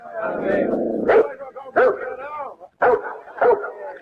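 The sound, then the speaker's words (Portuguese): A dog named Hulk, up at a window, barks in a series of sharp, loud woofs with short gaps between them, following an opening stretch of lower, whining vocal sound. “O cachorro lá na janela.”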